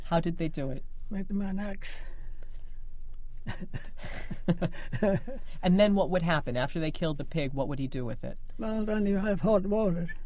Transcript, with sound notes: How did they do it?
With an axe. [Laughs]
And then what would happen? After they killed the pig, what would he do with it?
Well, then you have hot waters